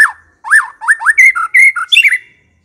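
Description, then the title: White-rumped shama singing a short burst of looping whistled notes rising and falling, ending in a high falling note. Lure recording of a fierce white-rumped shama, used to provoke other birds. "Pancingan Murai Batu Galak"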